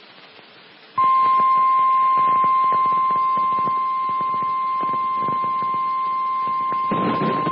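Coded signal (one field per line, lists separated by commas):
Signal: Emergency Alert System (SAME) tones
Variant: 1050 Hz attention tone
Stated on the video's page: Valid EAS tones for a severe thunderstorm warning.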